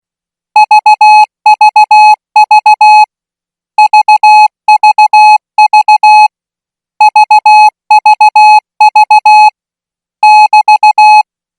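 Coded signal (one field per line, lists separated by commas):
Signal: Morse code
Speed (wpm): 16 wpm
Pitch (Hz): 850 Hz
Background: music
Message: VVV VVV VVV <BT>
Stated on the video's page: Thai military signal school Morse practice signal at 20 words per minute.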